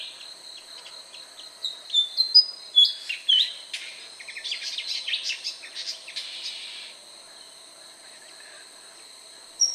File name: suara sanma jantan saat mengajari anaknya berkicau